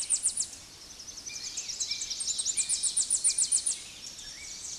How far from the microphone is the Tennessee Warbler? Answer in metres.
about 10 m